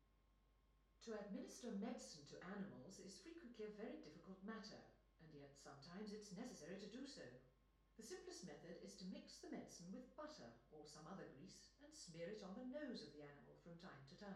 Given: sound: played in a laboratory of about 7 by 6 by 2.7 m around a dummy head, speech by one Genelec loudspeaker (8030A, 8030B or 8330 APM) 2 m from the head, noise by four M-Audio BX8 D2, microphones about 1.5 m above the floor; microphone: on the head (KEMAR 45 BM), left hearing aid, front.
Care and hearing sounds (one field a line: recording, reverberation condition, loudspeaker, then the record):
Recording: female speech in English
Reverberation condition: medium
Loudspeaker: 90 degrees to the right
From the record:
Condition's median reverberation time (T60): about 510 ms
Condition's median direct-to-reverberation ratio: about -0.5 dB